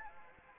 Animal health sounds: mosquito wingbeat signal from an infrared sensor; Anopheles arabiensis

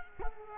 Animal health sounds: mosquito wingbeat signal from an infrared sensor; Culex quinquefasciatus

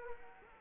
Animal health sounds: mosquito wingbeat signal from an infrared sensor; Culex quinquefasciatus

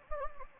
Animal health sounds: mosquito wingbeat signal from an infrared sensor; Anopheles gambiae

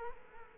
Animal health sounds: mosquito wingbeat signal from an infrared sensor; Culex quinquefasciatus

